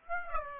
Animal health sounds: mosquito wingbeat signal from an infrared sensor; Aedes aegypti

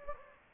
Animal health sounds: mosquito wingbeat signal from an infrared sensor; Anopheles gambiae

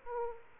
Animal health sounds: mosquito wingbeat signal from an infrared sensor; Aedes aegypti

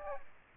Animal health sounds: mosquito wingbeat signal from an infrared sensor; Aedes aegypti

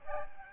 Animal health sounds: mosquito wingbeat signal from an infrared sensor; Aedes albopictus

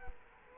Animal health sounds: mosquito wingbeat signal from an infrared sensor; Culex quinquefasciatus

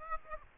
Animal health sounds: mosquito wingbeat signal from an infrared sensor; Aedes aegypti

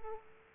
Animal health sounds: mosquito wingbeat signal from an infrared sensor; Aedes aegypti

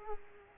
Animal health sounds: mosquito wingbeat signal from an infrared sensor; Culex quinquefasciatus

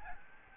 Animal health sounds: mosquito wingbeat signal from an infrared sensor; Aedes albopictus

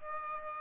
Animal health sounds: mosquito wingbeat signal from an infrared sensor; Aedes aegypti

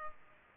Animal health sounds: mosquito wingbeat signal from an infrared sensor; Culex pipiens

